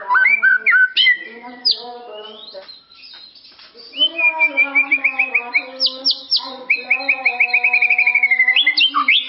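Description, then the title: White-rumped shama singing bright slurred whistles and long rapid strings of repeated notes, separated by a short pause. "murai batu"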